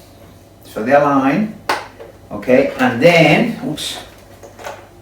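Someone talks while lining up the plastic tail section of an XK 520 VTOL RC plane with two clip-on stops on the fuselage, with a few faint handling sounds in between. Nothing has seated or clicked yet; the tail piece is not yet home.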